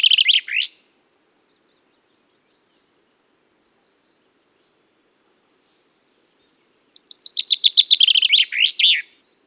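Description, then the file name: Common chaffinch song: a brief phrase end, a long silence, then a full descending trill of rapid notes ending in a final flourish. "Fringilla coelebs"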